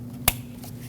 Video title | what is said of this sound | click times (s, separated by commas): How to Replace Ignition Coils 2006-2015 Lexus IS250 | Plug this in. Make sure it clicks. | 0.3 s